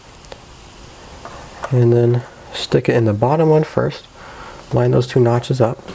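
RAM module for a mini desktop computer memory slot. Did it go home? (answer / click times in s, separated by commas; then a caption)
no / none. A RAM module for a mini desktop computer's memory slot is picked up and readied to be lined up with the slot, with a few faint light handling ticks near the start and around 1.2 seconds. Someone talks through most of the clip. The module has not been pushed in, and nothing has seated or clicked yet.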